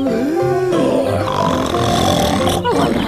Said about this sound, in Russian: Великаны завалились спать под огромной елью. Их храп разносился по всему дремучему лесу.